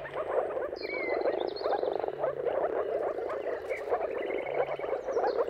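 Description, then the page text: Moor frogs chorus in low rapid bubbling notes while clear whistled and trilled bird calls sound over them. Mating calls of a moor frog chorus at sunrise, heard at the turn of March and April depending on the weather. "Jakub-Orzecki moor frogs. Dawn’s Chorus: Mating Calls of Marsh Frogs at Sunrise - wp.earth.fm. Depending on the weather at the turn of March and April, you can witness an amazing spectacle of moor frogs"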